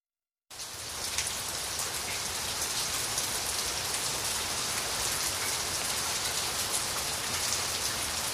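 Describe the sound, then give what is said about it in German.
Steady afternoon rain begins after a brief silence and keeps falling evenly, a dense hiss of drops pattering on a surface with no voices and no change in intensity. “Den ganzen Nachmittag hatte es geregnet”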